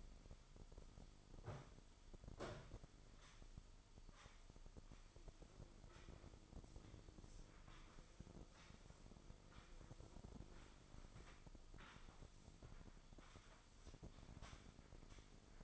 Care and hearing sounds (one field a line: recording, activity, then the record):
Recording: daily activity, microphone in the room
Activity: sweep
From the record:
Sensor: 5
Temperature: 24.6 degrees Celsius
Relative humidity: 32.2%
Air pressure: 996.1 hPa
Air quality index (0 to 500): 100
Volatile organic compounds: 6 ppm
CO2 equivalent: 1921 ppm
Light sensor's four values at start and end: 41/100/41/43 and 39/94/38/40